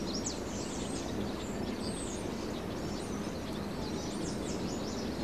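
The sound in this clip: Birds chirping, faint overlapping high twittering notes running throughout, partly buried under loud steady hiss with a low hum underneath.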